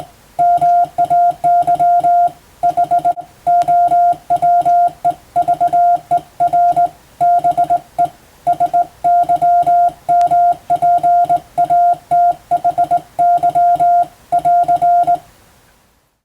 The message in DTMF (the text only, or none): none